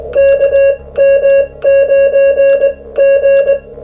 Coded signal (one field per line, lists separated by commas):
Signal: Morse code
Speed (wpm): 20 wpm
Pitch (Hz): 550 Hz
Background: none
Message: KM9G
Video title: How to build a QCX Mini - Part 9 - Case Fitment, POWER, QSOs